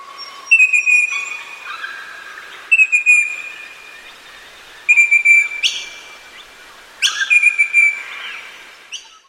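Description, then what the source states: Eastern Rosella calls: clear, high whistled phrases in short bursts about every two seconds, over a quiet background. Red head; pictured on the Rosella ketchup label; once a Commonwealth Games mascot.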